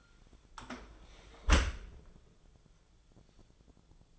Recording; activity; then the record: daily activity, microphone in the room; close dishwasher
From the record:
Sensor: 5